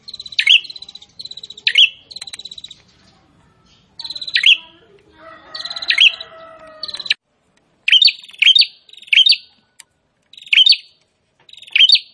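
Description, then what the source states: Prinia song of buzzy trills with sharp endings, repeated at short intervals, with a brief harsh wavering sound breaking in midway. Prinia singing actively (gacor).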